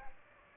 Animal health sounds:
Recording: mosquito wingbeat signal from an infrared sensor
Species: Aedes aegypti

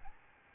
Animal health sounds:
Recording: mosquito wingbeat signal from an infrared sensor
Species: Aedes albopictus

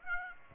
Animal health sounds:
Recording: mosquito wingbeat signal from an infrared sensor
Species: Aedes aegypti

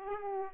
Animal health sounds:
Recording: mosquito wingbeat signal from an infrared sensor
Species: Aedes aegypti

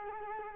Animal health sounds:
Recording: mosquito wingbeat signal from an infrared sensor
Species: Culex quinquefasciatus

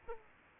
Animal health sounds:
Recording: mosquito wingbeat signal from an infrared sensor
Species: Aedes aegypti

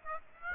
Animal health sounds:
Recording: mosquito wingbeat signal from an infrared sensor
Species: Aedes aegypti

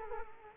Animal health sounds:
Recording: mosquito wingbeat signal from an infrared sensor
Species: Culex quinquefasciatus

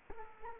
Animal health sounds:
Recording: mosquito wingbeat signal from an infrared sensor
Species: Culex quinquefasciatus

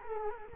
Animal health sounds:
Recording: mosquito wingbeat signal from an infrared sensor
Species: Culex quinquefasciatus

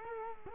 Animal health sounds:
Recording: mosquito wingbeat signal from an infrared sensor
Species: Culex quinquefasciatus

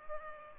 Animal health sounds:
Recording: mosquito wingbeat signal from an infrared sensor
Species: Culex pipiens

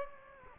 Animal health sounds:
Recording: mosquito wingbeat signal from an infrared sensor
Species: Anopheles gambiae

